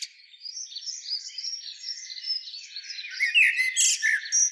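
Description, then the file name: Common blackbird keeps up a continuous stream of high, squeaky twittering notes that grows louder and sharper toward the end. "Turdus merula"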